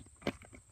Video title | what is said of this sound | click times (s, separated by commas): How to Reinstall Seat Rail Plastic Covers on a Classic Mercedes S-Class | until it clicks and it's in there | 0.3 s